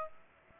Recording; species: mosquito wingbeat signal from an infrared sensor; Aedes aegypti